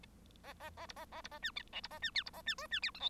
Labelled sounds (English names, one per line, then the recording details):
Bengalese Finch song
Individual Bird1